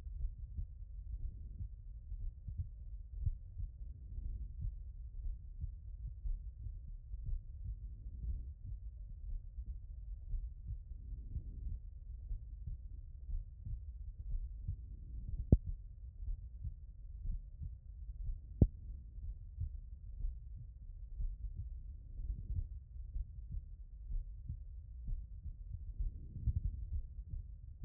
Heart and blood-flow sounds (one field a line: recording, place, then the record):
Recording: heart sounds by stethoscope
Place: tricuspid valve (TV)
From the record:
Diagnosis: non-HFrEF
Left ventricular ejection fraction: 57%